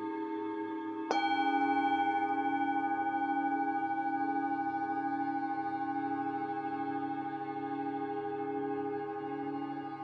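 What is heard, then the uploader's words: Tibetan singing bowls ring in a sound bath, a sustained hum already sounding when a fresh strike lands just after one second. The new tone blooms and holds steady with a clear ringing overtone, slowly fading over the remaining seconds while the lower hum lingers. Tibetan Sound Bathing.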